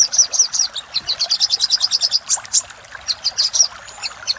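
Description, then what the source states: Little spiderhunter singing high, chipping notes in a quick series, with a pause near the end. Master audio for training cage birds; labaik style.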